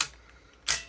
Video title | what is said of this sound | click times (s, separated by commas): I Vacuum Every Day,But This is what was still on my floors, Uwant Mattress Vacuum Cleaner review! | And then this piece will click, | 0.0 s